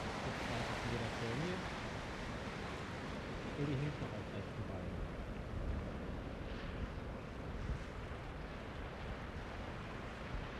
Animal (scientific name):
Vulpes lagopus